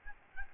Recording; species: mosquito wingbeat signal from an infrared sensor; Aedes albopictus